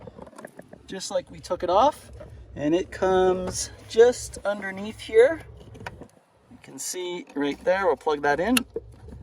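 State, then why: Not seated. A Jeep Wrangler or Gladiator door's power window and lock wiring harness plug is handled under the dash edge as it is lined up with its body-side connector while the door is being reinstalled. Someone talks throughout, with a few small plastic ticks near the start and a sharper tick around 5.9 s. Nothing has seated or clicked yet.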